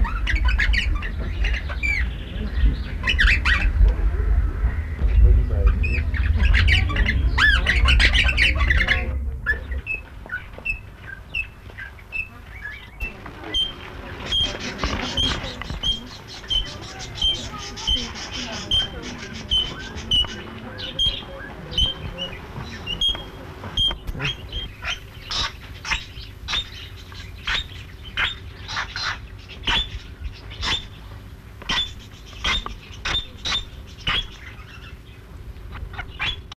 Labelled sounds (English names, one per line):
Crimson Rosella call